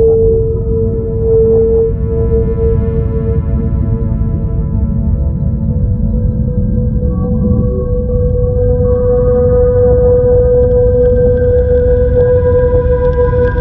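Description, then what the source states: Whale moaning in long drawn steady tones with stacked harmonics over a heavy low rumble throughout. Song of a mother whale.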